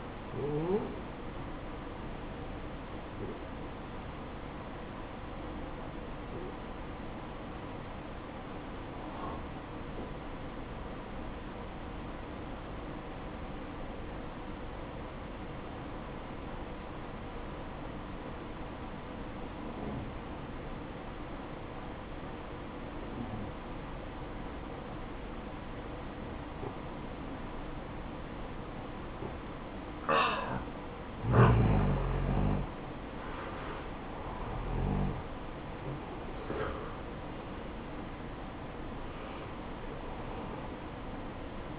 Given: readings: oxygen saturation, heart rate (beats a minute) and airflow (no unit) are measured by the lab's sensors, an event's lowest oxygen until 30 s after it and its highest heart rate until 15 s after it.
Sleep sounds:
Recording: breathing in sleep by a voice recorder at the bedside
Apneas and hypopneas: 1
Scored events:
7.00-27.60 s: obstructive apnea (N1, oxygen 94% highest, then 89% lowest, heart rate 53 at the start, 70 highest)
From the record:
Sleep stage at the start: N1 (lightest sleep)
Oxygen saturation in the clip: 87 to 94%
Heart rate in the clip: 51 to 68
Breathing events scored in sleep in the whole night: 573 in 9.8 hours asleep

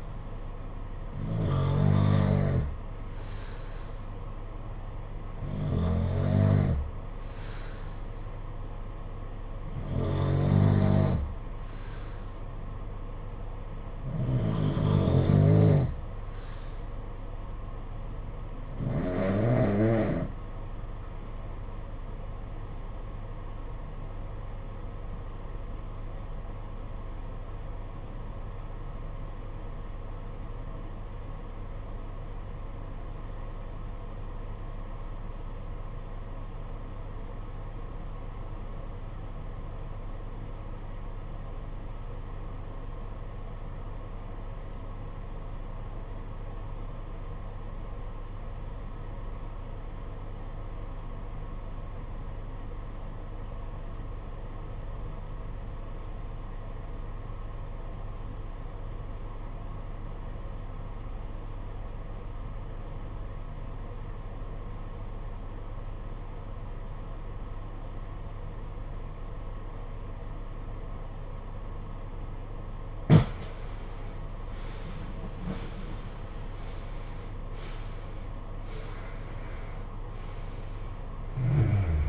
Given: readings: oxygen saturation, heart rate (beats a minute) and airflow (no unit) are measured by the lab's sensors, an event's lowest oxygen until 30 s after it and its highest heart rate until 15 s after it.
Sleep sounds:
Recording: breathing in sleep by a smartphone at the bedside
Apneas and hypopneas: 1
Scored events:
23.00-74.30 s: obstructive apnea (REM, oxygen 94% highest, then 68% lowest, heart rate 65 at the start, 93 highest)
From the record:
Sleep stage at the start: REM sleep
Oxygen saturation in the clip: 71 to 94%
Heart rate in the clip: 61 to 93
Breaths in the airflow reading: 9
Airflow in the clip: -16.1 to 16.5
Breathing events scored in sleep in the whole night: 476 in 9.7 hours asleep

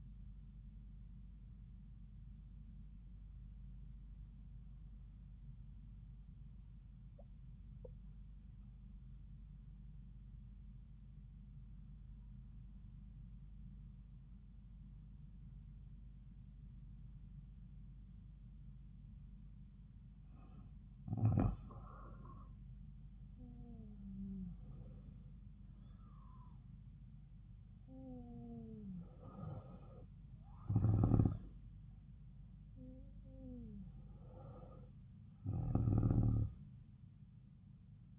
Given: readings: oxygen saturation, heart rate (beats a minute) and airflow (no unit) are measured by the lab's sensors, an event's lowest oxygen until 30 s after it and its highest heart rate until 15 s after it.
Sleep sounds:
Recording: breathing in sleep by a smartphone at the bedside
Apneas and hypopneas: 1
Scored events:
3.00-21.80 s: obstructive apnea (N1, oxygen 97% highest, then 91% lowest)
From the record:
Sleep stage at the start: N1 (lightest sleep)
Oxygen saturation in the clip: 92 to 97%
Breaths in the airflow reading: 4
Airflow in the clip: -6.6 to 7.7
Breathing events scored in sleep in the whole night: 270 in 6.1 hours asleep

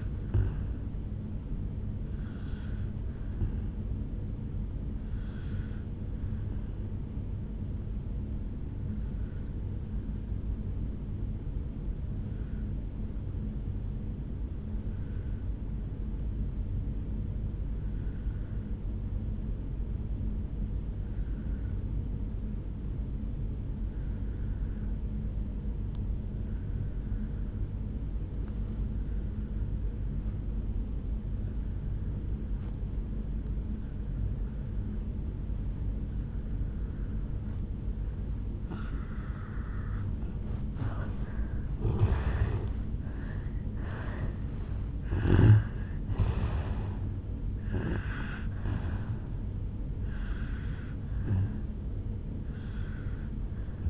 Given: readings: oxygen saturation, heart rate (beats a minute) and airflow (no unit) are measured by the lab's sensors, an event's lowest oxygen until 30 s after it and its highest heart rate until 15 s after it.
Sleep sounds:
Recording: breathing in sleep by a smartphone at the bedside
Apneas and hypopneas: 1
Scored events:
8.00-40.00 s: obstructive apnea (N1, oxygen 97% highest, then 83% lowest, heart rate 56 at the start, 76 highest)
20.00-50.00 s: new sleep stage, N2 (light sleep)
50.00-53.90 s: new sleep stage, N1 (lightest sleep)
From the record:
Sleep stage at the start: N1 (lightest sleep)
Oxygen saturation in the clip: 83 to 97%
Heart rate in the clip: 55 to 76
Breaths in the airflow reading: 8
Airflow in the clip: -12.0 to 9.1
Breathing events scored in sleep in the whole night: 449 in 7.0 hours asleep

